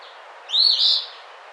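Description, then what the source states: Eastern phoebe giving a single burry two-note phrase, a sharp rising start followed by a rougher, buzzy ending. Recorded 28 April 2009.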